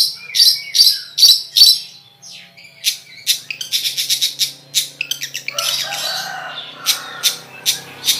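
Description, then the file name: Long-tailed Shrike song mixing loud sharp high chips with quick clustered twitters, over a faint low hum. "suara cendet"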